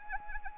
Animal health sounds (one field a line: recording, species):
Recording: mosquito wingbeat signal from an infrared sensor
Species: Anopheles arabiensis